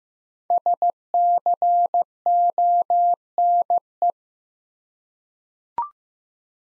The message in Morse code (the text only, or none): SCONE